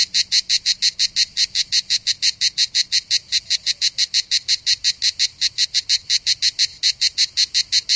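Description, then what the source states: Cicada calling with rapid, regular rasping pulses, a dry sizzling rhythm held unbroken throughout. Cicadas recorded 3 September 2009 at about 07:33 in the morning.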